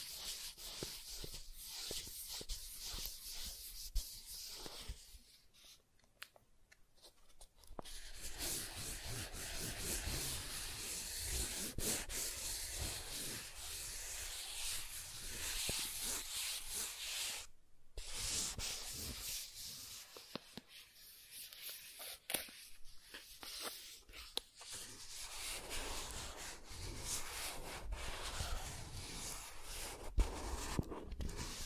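Soft tracing over smooth and rough surfaces, a continuous hushed rubbing and scraping that shifts in texture as the strokes move. The sound drops almost to silence around five to eight seconds, with another brief pause near eighteen seconds, then resumes steadily with small clicks.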